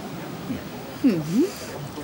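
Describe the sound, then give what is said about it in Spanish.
A person blows a few short, low gurgling bursts of bubbles into water, imitating seals, with wobbling pitch; the loudest pair comes in the middle and a softer blip follows at the end. “¿Y las focas se acarician antes o lo hacen directamente? Bueno, hacen burbujas. ¿Así?”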